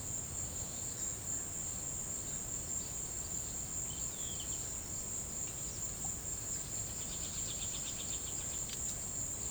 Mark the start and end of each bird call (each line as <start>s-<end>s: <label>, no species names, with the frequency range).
3.66s-4.61s: bird call (2.3-4.7 kHz)
6.62s-8.65s: bird call (2.3-5.7 kHz)